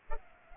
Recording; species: mosquito wingbeat signal from an infrared sensor; Culex pipiens